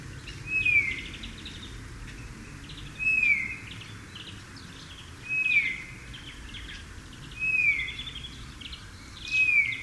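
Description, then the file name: Eurasian bullfinch calling with mellow, downslurred piping whistles, five calls spaced a little over two seconds apart, over light background chirping. "Pyrrhula pyrrhula"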